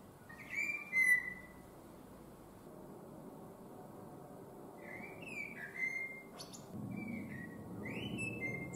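Common blackbird song: several mellow, slurred whistled phrases with thin high notes, and a long pause after the first.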